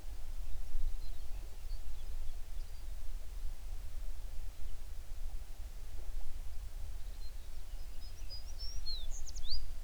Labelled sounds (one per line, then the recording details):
songbird
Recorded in the Prudhoe Bay oil fields, Alaska, on 11 June 2019 at 04:54
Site 21